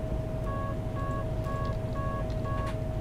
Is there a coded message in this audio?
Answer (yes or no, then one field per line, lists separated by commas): no